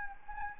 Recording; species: mosquito wingbeat signal from an infrared sensor; Anopheles gambiae